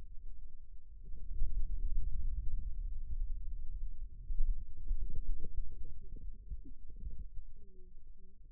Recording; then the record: forearm muscle sounds (acoustic myography)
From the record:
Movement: radial deviation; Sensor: system 2, bracelet of six BSWA MPA416 microphones around the upper forearm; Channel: 2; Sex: male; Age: 22 years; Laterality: right